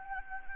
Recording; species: mosquito wingbeat signal from an infrared sensor; Anopheles gambiae